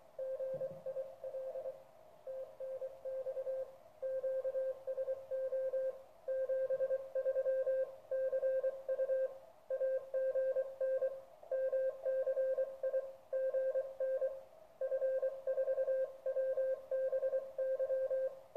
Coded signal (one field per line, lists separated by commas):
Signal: Morse code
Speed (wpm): 24 wpm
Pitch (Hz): 530 Hz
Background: radio noise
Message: GIL TNX QSO 73 CU AGN MCI GN F4WBY